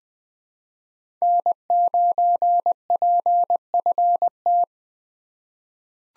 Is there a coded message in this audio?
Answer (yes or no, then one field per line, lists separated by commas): yes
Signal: Morse code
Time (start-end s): 1.2-4.6 s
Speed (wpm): 20 wpm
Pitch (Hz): 700 Hz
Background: none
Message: N9PFT